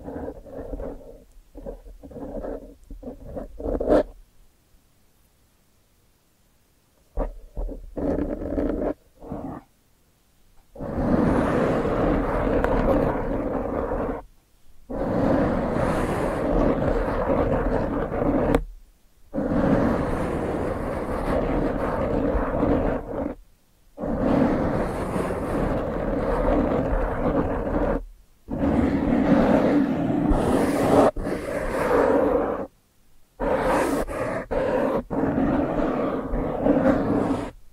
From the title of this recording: ASMR Brain Flossing (No Talking)